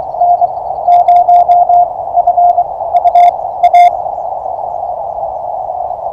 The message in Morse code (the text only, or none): N0FUA